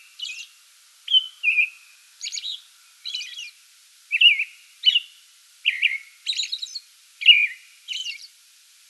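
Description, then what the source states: American robin singing a run of short whistled phrases, some falling and slurred, interspersed with high thin squeaky notes, over a quiet background. Song bout recorded 8 May 2022.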